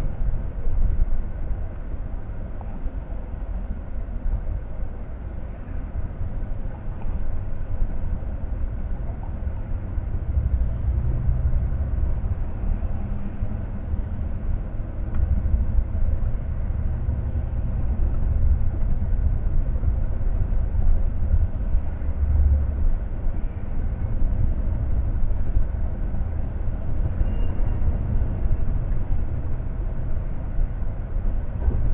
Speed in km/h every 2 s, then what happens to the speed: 48, 38, 37, 37, 38, 41, 46, 51, 55, 58, 59, 64, 67, 68, 70, 71.
0-2 brakes to 38. 2-7 steady at about 37. 7-32 speeds up to 71.